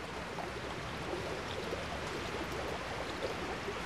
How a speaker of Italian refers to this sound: Eccoci finalmente al vecchio porto con un altro testimone. Siamo sulle rive del grande fiume, l'Adige.